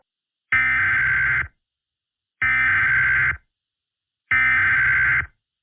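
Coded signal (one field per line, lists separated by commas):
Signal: Emergency Alert System (SAME) tones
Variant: header bursts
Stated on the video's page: Fictional EAS scenario with valid EAS tones, made with text-to-speech and editing software.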